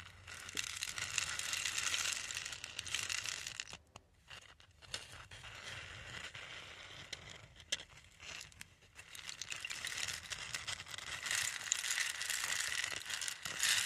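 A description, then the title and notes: A rain stick pours out a dense, rattling hiss of tiny pellets, bright and crackly, in long sweeps. The flow thins to near silence around four seconds and again near nine, then builds back up and runs strongest toward the end. Rain stick.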